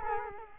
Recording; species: mosquito wingbeat signal from an infrared sensor; Culex quinquefasciatus